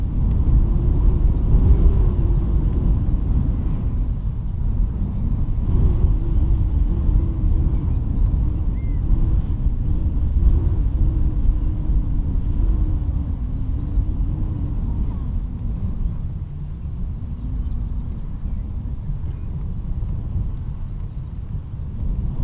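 Wind roars around the lighthouse at Rubjerg Knude, a heavy, low rumble that stays dense and continuous throughout. Gusts swell and ease every few seconds, with a fainter hiss of blown sand above, and the roar softens slightly toward the end.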